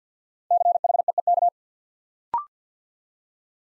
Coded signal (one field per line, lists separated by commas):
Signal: Morse code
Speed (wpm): 48 wpm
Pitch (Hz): 700 Hz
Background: none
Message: CHEEK